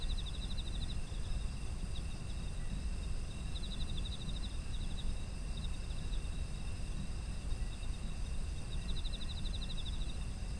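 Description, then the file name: Insects calling with rapid rattling chirp series and a steady high whine, over a loud low rumble of ambient noise. Autumn insect ambient sound. "秋の虫の環境音"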